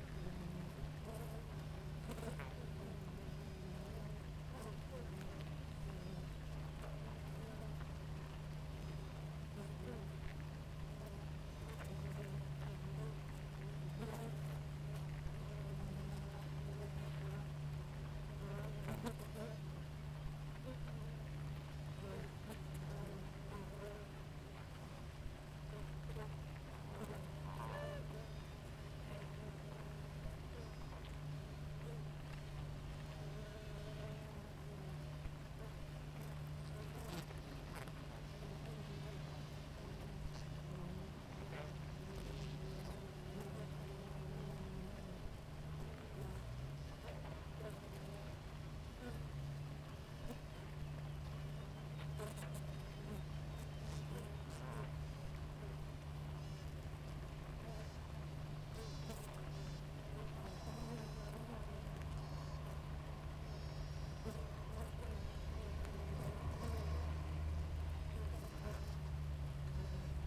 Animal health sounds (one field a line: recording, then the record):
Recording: honeybee colony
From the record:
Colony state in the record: active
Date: 28 July 2017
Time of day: 5:35